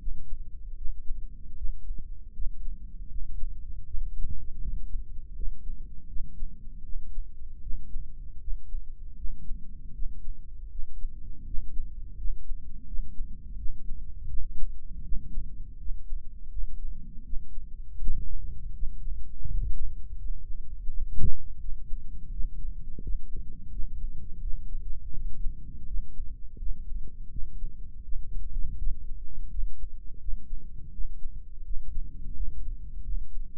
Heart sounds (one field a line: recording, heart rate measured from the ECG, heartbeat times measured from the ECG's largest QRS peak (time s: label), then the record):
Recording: heart sounds by microphone in the right ear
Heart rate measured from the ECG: 82 bpm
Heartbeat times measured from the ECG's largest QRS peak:
0.76 s: heartbeat
1.56 s: heartbeat
2.33 s: heartbeat
3.08 s: heartbeat
3.84 s: heartbeat
4.60 s: heartbeat
5.35 s: heartbeat
6.07 s: heartbeat
6.83 s: heartbeat
7.61 s: heartbeat
8.39 s: heartbeat
9.16 s: heartbeat
9.93 s: heartbeat
10.69 s: heartbeat
11.45 s: heartbeat
12.16 s: heartbeat
12.86 s: heartbeat
13.56 s: heartbeat
14.28 s: heartbeat
15.03 s: heartbeat
15.78 s: heartbeat
16.50 s: heartbeat
17.24 s: heartbeat
17.99 s: heartbeat
18.74 s: heartbeat
19.47 s: heartbeat
20.17 s: heartbeat
20.88 s: heartbeat
21.59 s: heartbeat
22.31 s: heartbeat
23.01 s: heartbeat
23.70 s: heartbeat
24.40 s: heartbeat
25.12 s: heartbeat
25.86 s: heartbeat
26.58 s: heartbeat
27.29 s: heartbeat
28.03 s: heartbeat
28.77 s: heartbeat
29.50 s: heartbeat
30.20 s: heartbeat
30.92 s: heartbeat
31.64 s: heartbeat
32.34 s: heartbeat
33.04 s: heartbeat
From the record:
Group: healthy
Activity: rest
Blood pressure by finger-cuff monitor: 170/88 mmHg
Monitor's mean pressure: 107 mmHg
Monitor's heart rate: 81 bpm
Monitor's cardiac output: 8.4 L/min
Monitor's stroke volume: 103 mL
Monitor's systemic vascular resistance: 960 dyn s/cm5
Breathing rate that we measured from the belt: 18 breaths a minute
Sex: male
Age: 57 years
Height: 188 cm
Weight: 106 kg